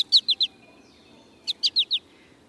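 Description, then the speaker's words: American goldfinch call: two quick bursts of bright high notes, three in the first and four in the second, each note slurring slightly downward, the bursts over a second apart. Call sounds like it is saying potato chip. "When the American goldfinch calls, it sounds like it's saying potato chip."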